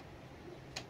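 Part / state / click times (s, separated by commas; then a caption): printed plastic cable bracket clip onto 3D printer Y-axis bracket / seated / 0.8 s. A 3D-printed plastic cable bracket clip is snapped a second time onto the Y-axis bracket of an Anet E10 3D printer. It is meant to stay fixed in that position, not to hold the cable. Over a low steady hum, a single sharp tick at 0.8 s marks the clip snapping into place, seated.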